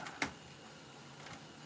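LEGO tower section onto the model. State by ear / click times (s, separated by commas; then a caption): not seated / none. A plastic LEGO tower section is pressed down onto the model while being rebuilt, giving a brief sharp plastic tick at 0.2 s and fainter light ticks near 0.1 s and 1.3 s over a quiet background. The section does not snap in and has not seated, sitting off by about half a millimeter.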